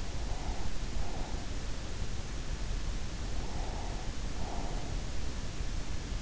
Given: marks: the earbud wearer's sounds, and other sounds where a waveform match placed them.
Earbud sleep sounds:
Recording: sounds in sleep by an in-ear microphone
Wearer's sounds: breath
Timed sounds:
0.11-1.68 s: breath
2.97-5.20 s: breath

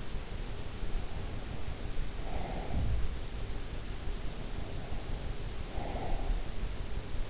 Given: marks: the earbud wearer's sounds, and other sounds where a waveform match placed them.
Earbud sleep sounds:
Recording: sounds in sleep by an in-ear microphone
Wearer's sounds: breath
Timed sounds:
1.95-2.78 s: breath
5.28-6.56 s: breath

